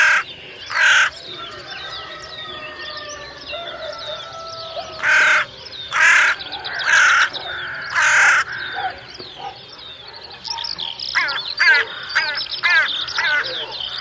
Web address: Ptaki Wrona